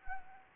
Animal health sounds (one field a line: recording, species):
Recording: mosquito wingbeat signal from an infrared sensor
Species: Anopheles arabiensis